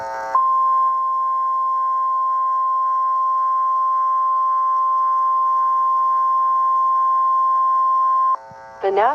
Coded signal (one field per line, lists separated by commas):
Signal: Emergency Alert System (SAME) tones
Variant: 1050 Hz attention tone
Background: speech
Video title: EAS Mock - Tornado Warning EAS